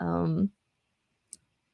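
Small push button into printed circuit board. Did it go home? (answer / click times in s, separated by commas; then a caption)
yes / 1.3 s. Someone talks briefly, then a small push button with kinked legs is pressed into the holes of the printed circuit board from an Arduino Make Your UNO soldering kit. It snaps in with a single sharp, bright click at 1.3 s, and the button is seated, held firmly by the kinks in its legs.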